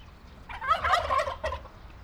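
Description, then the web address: Turkey giving a single rapid, gurgling gobble lasting about a second, with a short trailing note after it, over faint low rumble. Captive turkey in a zoo farmyard in Nyíregyháza, Hungary; recorded in 2010. "allathangok nyiregyhazizoo 2010. parasztudvar pulyka gyongytyukhatter"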